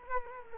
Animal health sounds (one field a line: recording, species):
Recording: mosquito wingbeat signal from an infrared sensor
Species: Culex quinquefasciatus